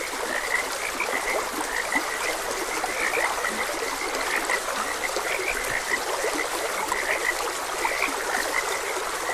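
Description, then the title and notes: Frogs croaking in a thick, unbroken chorus of short high notes, over steady trickling stream noise. Frogs croaking beside a gentle stream. "Gentle Stream and Frogs Croaking. Sleep and Relaxation Podcast"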